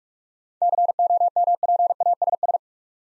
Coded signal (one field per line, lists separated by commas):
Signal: Morse code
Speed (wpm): 46 wpm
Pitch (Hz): 700 Hz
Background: none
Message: COMPASS